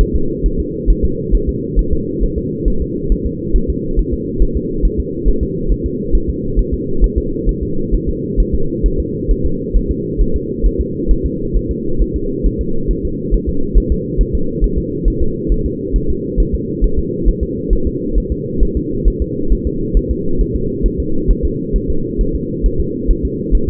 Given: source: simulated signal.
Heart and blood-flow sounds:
fetal heart sounds
0.01 s: S1
0.16 s: S2
0.46 s: S1
0.60 s: S2
0.90 s: S1
1.05 s: S2
1.35 s: S1
1.49 s: S2
1.79 s: S1
1.93 s: S2
2.23 s: S1
2.38 s: S2
2.68 s: S1
2.82 s: S2
3.12 s: S1
3.26 s: S2
3.56 s: S1
3.70 s: S2
3.99 s: S1
4.14 s: S2
4.42 s: S1
4.57 s: S2
4.85 s: S1
5.00 s: S2
5.28 s: S1
5.43 s: S2
5.72 s: S1
5.86 s: S2
6.15 s: S1
6.30 s: S2
6.59 s: S1
6.74 s: S2
7.04 s: S1
7.18 s: S2
7.49 s: S1
7.63 s: S2
7.94 s: S1
8.09 s: S2
8.40 s: S1
8.55 s: S2
8.86 s: S1
9.00 s: S2
9.31 s: S1
9.46 s: S2
9.76 s: S1
9.91 s: S2
10.21 s: S1
10.36 s: S2
10.66 s: S1
10.81 s: S2
11.11 s: S1
11.26 s: S2
11.56 s: S1
11.71 s: S2
12.02 s: S1
12.16 s: S2
12.46 s: S1
12.61 s: S2
12.91 s: S1
13.05 s: S2
13.34 s: S1
13.49 s: S2
13.78 s: S1
13.92 s: S2
14.21 s: S1
14.35 s: S2
14.64 s: S1
14.78 s: S2
15.08 s: S1
15.22 s: S2
15.52 s: S1
15.66 s: S2
15.96 s: S1
16.10 s: S2
16.40 s: S1
16.55 s: S2
16.84 s: S1
16.99 s: S2
17.29 s: S1
17.43 s: S2
17.73 s: S1
17.87 s: S2
18.18 s: S1
18.32 s: S2
18.63 s: S1
18.77 s: S2
19.08 s: S1
19.22 s: S2
19.52 s: S1
19.67 s: S2
19.97 s: S1
20.11 s: S2
20.41 s: S1
20.56 s: S2
20.86 s: S1
21.00 s: S2
21.31 s: S1
21.45 s: S2
21.76 s: S1
21.90 s: S2
22.21 s: S1
22.35 s: S2
22.66 s: S1
22.80 s: S2
23.11 s: S1
23.25 s: S2
23.55 s: S1
23.69 s: S2
From the record:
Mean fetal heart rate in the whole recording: 135 bpm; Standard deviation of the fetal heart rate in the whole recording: 3 bpm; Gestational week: 36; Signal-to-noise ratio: -8.1 dB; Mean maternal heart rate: 72 bpm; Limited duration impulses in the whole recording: absent

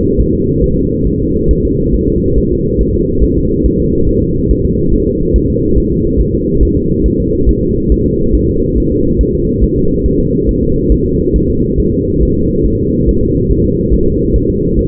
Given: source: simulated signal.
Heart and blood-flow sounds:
fetal heart sounds
0.21 s: S1
0.34 s: S2
0.64 s: S1
0.78 s: S2
1.08 s: S1
1.21 s: S2
1.51 s: S1
1.65 s: S2
1.94 s: S1
2.08 s: S2
2.38 s: S1
2.52 s: S2
2.81 s: S1
2.95 s: S2
3.23 s: S1
3.37 s: S2
3.66 s: S1
3.80 s: S2
4.09 s: S1
4.23 s: S2
4.51 s: S1
4.65 s: S2
4.94 s: S1
5.08 s: S2
5.36 s: S1
5.50 s: S2
5.78 s: S1
5.92 s: S2
6.21 s: S1
6.34 s: S2
6.63 s: S1
6.77 s: S2
7.06 s: S1
7.20 s: S2
7.49 s: S1
7.63 s: S2
7.92 s: S1
8.06 s: S2
8.35 s: S1
8.49 s: S2
8.78 s: S1
8.92 s: S2
9.21 s: S1
9.35 s: S2
9.64 s: S1
9.77 s: S2
10.06 s: S1
10.20 s: S2
10.49 s: S1
10.63 s: S2
10.92 s: S1
11.06 s: S2
11.36 s: S1
11.50 s: S2
11.80 s: S1
11.94 s: S2
12.23 s: S1
12.37 s: S2
12.66 s: S1
12.80 s: S2
13.09 s: S1
13.23 s: S2
13.51 s: S1
13.65 s: S2
13.94 s: S1
14.08 s: S2
14.36 s: S1
14.50 s: S2
14.79 s: S1
From the record:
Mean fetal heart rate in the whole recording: 140 bpm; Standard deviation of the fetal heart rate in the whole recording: 2 bpm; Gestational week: 34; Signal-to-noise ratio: -15.3 dB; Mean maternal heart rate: 72 bpm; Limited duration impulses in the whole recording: present

